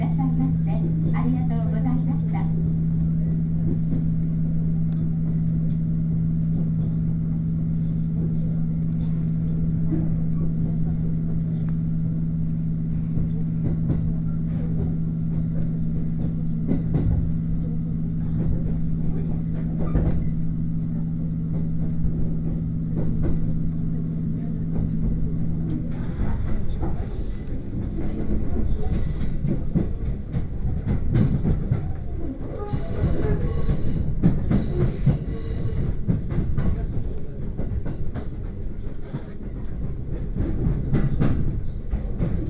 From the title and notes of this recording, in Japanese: 耳で楽しむ鉄道旅 羽越本線 羽後本荘→秋田。今度は桂根駅を通過する列車なので１つ停車駅が少なくなります。羽後本荘で沢山乗車しているので車内が混雑しています。